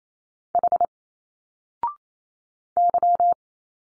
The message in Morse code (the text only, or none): H Y